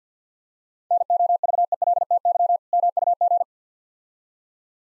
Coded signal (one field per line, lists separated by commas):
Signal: Morse code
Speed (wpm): 45 wpm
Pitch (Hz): 700 Hz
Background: none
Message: NOVELTY MUG